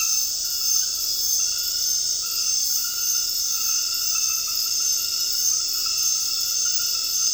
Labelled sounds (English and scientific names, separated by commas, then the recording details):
none
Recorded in dense forest near Puerto Asís, Putumayo, Colombia, on 18 February 2024 at 01:00
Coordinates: 0.485, -76.318
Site G6408